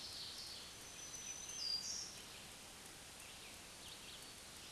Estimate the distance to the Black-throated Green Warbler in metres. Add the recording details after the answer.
about 30 m. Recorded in a Pennsylvania forest on 1 June 2023 at 07:50. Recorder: AudioMoth, point grid3_12_low. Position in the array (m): 206 m, 107 m